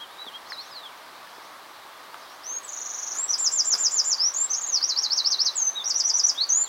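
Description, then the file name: Eurasian wren: a few faint high notes, then a loud, fast sequence of ringing trills and rattles beginning partway through and running to the end. "Troglodytes troglodytes"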